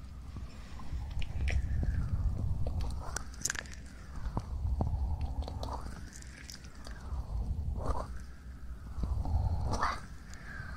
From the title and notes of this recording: ASMR Ear cleaning & Ear massage.